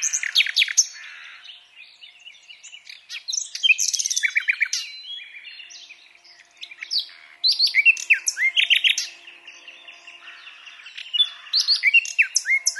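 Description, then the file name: Common nightingale song in short, varied bursts of sharp chirps, quick trills and whistles, separated by brief pauses. "Luscinia megarhynchos"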